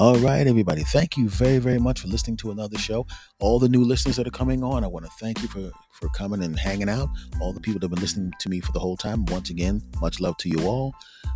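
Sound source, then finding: Adult male speaker. Typical speech.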